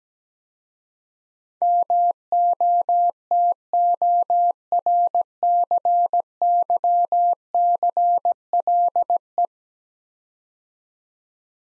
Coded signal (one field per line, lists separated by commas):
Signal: Morse code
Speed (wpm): 17 wpm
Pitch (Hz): 700 Hz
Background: none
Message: MOTORCYCLE